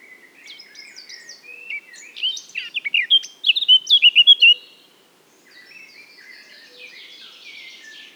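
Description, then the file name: Eurasian blackcap song: soft twittering opening into a loud run of clear, repeated whistled notes, followed by quieter scratchy warbling. "Sylvia atricapilla"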